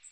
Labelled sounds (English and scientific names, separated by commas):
Magnolia Warbler (Setophaga magnolia) flight call